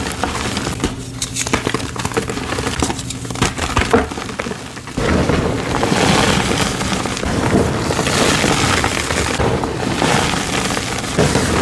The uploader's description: crushing black gym chalk blocks and reforms, plus the full reforming process, including paste mixing